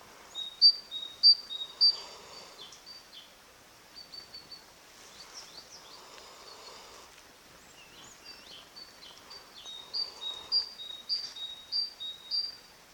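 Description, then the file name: Great tit calls: high, thin two-part notes repeated in a burst at the start and again near the end, softer scattered notes between, faint background hiss. "Parus major"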